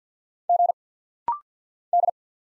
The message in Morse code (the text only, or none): G D